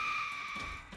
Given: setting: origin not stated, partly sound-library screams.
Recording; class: one-second piece from a danger detection set; woman in danger